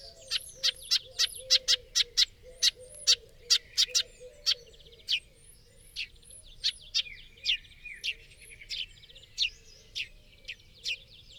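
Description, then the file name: Eurasian blue tit calls: many sharp high chirps at an irregular pace, with fainter twittering between them and a lower wavering sound beneath. "Cyanistes caeruleus"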